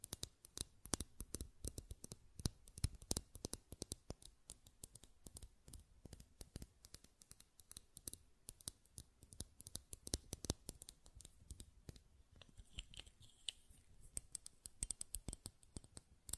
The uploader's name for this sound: Button Clicking and Tapping Sounds